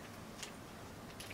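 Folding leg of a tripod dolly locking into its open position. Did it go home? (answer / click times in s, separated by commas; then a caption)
yes / 0.4 s, 1.2 s. A folding leg of a WT600 Universal Tripod Dolly, weighing around 2.5 kilograms, is pulled out by hand to open it. Two short clicks sound at 0.4 s and 1.2 s over a faint steady background as the leg locks into its open position.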